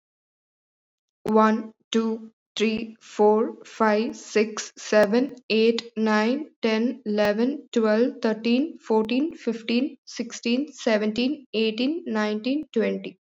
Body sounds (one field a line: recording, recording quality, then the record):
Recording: counting at a normal pace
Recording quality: excellent, no background noise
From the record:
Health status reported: COVID-19 positive, mild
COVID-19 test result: positive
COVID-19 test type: RT-PCR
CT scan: not taken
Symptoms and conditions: sore throat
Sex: female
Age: 24 years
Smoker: no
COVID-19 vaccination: both doses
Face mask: not worn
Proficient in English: yes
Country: India